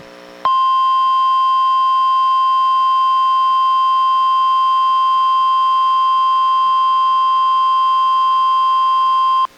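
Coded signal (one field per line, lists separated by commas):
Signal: Emergency Alert System (SAME) tones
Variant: 1050 Hz attention tone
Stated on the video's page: NOAA Weather Radio weekly test issued by NWS Portland, relayed by a station in Astoria, recorded from a Reecom R-1630 weather radio through a Zoom H1 recorder.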